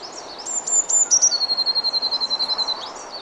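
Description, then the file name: Eurasian blue tit singing: a few very high thin notes, then a fast even trill of lower notes repeated many times, with steady background hiss. "Cyanistes caeruleus"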